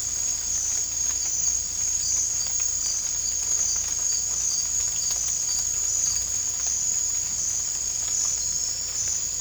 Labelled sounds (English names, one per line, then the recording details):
none
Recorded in dense forest near Puerto Asís, Putumayo, Colombia, on 18 December 2024 at 01:30
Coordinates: 0.481, -76.323
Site G100